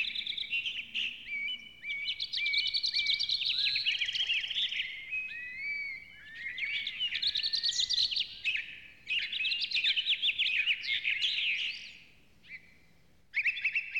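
Bird song, a long rich warble of high whistles, slurred sweeps and chattering trills, with a few brief pauses.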